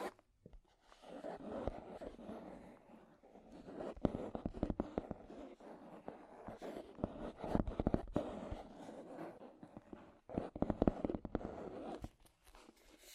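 Scratchy tapping runs through the whole clip as a dense, uneven patter of sharp clicks over a rough, grainy scraping. Louder bursts of taps cluster around four, seven to eight, and eleven seconds, with a brief quiet gap near ten seconds.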